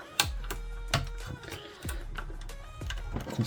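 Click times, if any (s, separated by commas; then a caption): none. Pressing a plastic rear wheel-arch piece onto its locating tabs on the body of a 1:8 partwork Altaya Toyota Supra Mk IV model car produces a series of short, sharp taps and knocks, loudest near 0.2 s and 0.9 s, with softer ones around 0.5, 1.9, 2.2 and 2.9 s. The lower tab will not go into its slot, and nothing has seated or clicked yet.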